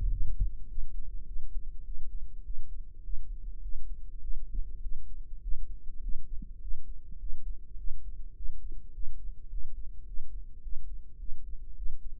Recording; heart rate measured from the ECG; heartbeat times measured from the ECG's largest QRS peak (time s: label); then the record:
heart sounds by microphone in the right ear; 103 bpm
0.12 s: heartbeat
0.70 s: heartbeat
1.27 s: heartbeat
1.86 s: heartbeat
2.45 s: heartbeat
3.04 s: heartbeat
3.63 s: heartbeat
4.23 s: heartbeat
4.83 s: heartbeat
5.43 s: heartbeat
6.03 s: heartbeat
6.62 s: heartbeat
7.20 s: heartbeat
7.78 s: heartbeat
8.36 s: heartbeat
8.94 s: heartbeat
9.51 s: heartbeat
10.07 s: heartbeat
10.63 s: heartbeat
11.20 s: heartbeat
11.77 s: heartbeat
From the record:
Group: healthy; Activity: cold pressor test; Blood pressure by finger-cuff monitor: 172/99 mmHg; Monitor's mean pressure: 119 mmHg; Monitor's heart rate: 103 bpm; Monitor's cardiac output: 7.7 L/min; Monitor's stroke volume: 74 mL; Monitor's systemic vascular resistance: 1160 dyn s/cm5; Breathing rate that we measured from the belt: 17 breaths a minute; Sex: male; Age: 21 years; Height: 175 cm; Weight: 72.6 kg